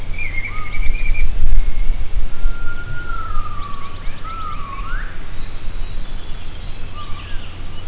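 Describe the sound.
Gibbon calls: long smooth whistled notes gliding downward then rising, with short hooting notes before and after, over strong low rumbling background noise.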